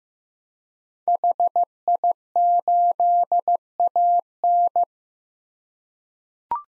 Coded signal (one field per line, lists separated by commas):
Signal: Morse code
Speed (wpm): 16 wpm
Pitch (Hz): 700 Hz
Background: none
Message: HI8AN